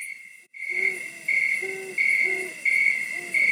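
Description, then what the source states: Great Horned Owl hooting: soft, low hoots in a slow repeated series, over a steady high chorus of chirping crickets. Played recording; soft hooting in the background with crickets, described as soothing.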